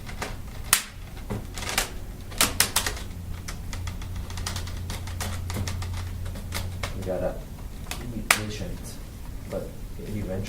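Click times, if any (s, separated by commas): 8.3 s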